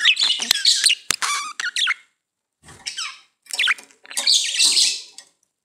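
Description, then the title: Budgerigar chatter: busy squeaky warbles and clicks in bursts separated by short quiet gaps, ending with a longer harsh, scratchy burst. "Budgie Sounds"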